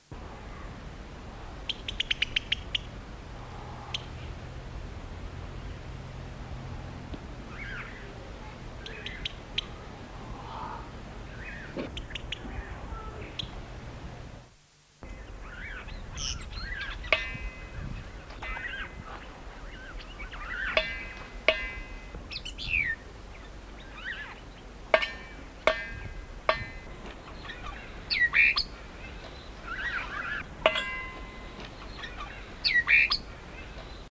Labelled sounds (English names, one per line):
Groundscraper Thrush call